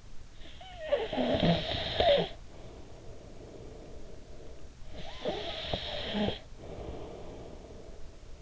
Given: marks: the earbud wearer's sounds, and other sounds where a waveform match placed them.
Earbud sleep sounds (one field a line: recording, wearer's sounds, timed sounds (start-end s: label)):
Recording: sounds in sleep by an in-ear microphone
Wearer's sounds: snoring breath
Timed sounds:
0.32-8.42 s: snoring breath